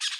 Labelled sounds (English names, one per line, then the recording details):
Brown-throated Parakeet contact call
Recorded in Bonaire
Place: just S of turnoff to Cai, near Lac Bay
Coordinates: 12.126, -68.239